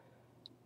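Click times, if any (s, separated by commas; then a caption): 0.5 s. A plastic shoulder armor piece on an action figure is clicked open. A single short, bright click is heard at 0.5 s against faint background hiss, and the shoulder armor is left open.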